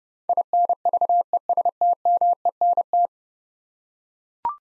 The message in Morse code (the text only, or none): INVESTMENT